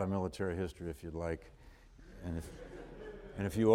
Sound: laughter